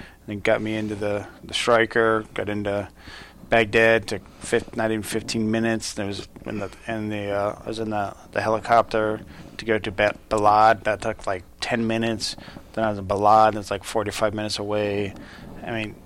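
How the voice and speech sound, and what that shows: Adult male speaking with aphasia after a traumatic brain injury, recounting events in halting, fragmented phrases with pauses, restarts and repeated words, in a low, steady voice.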